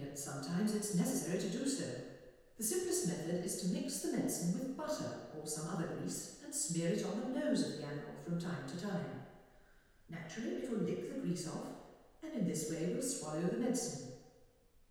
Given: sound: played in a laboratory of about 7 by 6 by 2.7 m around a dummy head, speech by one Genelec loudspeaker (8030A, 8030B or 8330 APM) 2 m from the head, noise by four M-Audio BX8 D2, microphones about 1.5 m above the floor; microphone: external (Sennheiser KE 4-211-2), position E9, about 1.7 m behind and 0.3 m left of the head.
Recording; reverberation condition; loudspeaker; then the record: female speech in English; high; 30 degrees to the right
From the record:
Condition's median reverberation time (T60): about 1300 ms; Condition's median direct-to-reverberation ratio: about -4.0 dB